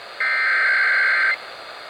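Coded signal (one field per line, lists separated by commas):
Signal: Emergency Alert System (SAME) tones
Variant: header bursts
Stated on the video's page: Washington statewide EAS test on a broadcast station, received through an online SDR and fed over an AUX cord rather than transmitted.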